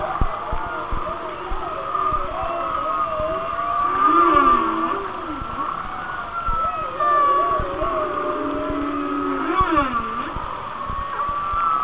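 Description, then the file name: Whale song of warbling, looping moans that wobble up and down in pitch, with brief higher whistles over steady crackling background. "Whale Songs- Mike Mc Donald"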